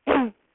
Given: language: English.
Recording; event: throat vibration sensor signal played as sound; throat clearing